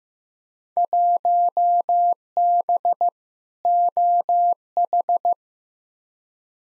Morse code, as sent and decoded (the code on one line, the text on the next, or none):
.---- -... / --- ....
1B OH